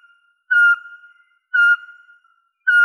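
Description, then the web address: Eurasian pygmy owl whistled call: three pure, mellow whistles, repeated about once a second in a quiet setting. "Glaucidium passerinum"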